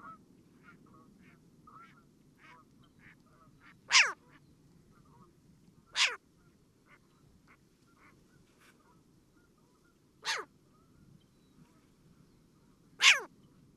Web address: Zoo Field Guide. Short-eared Owl